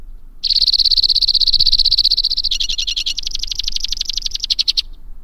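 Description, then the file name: White-winged crossbill song: a fine, high trill that slows partway through into coarser, clearly separate pulses before stopping. "suara-kicauan-burung-white-winged-crossbill 2-omkicau"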